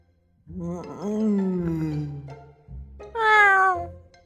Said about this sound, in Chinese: 白猫眯着眼，眼盯着对面女孩看了好一会儿，才在一个长达5秒钟的巨大哈欠后醒过神来，不痛不痒地朝吴阳喵了一声。